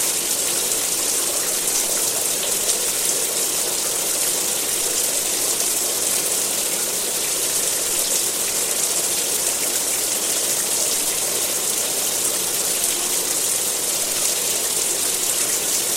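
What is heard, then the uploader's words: Steady rainfall hisses without a break, a dense, even wash of sound weighted toward the bright, high end with little low rumble. The level holds constant throughout, with only a faint flicker of texture and no distinct drops, gusts or other sounds standing out. The Peaceful Sound of Rain. Soothing rainfall, white noise.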